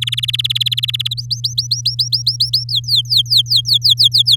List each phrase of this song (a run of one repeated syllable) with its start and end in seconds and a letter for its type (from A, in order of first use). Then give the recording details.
0.01-1.14 A, 1.17-2.64 B, 2.69-4.36 C. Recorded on 8 May 2018 at 11:04. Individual llb16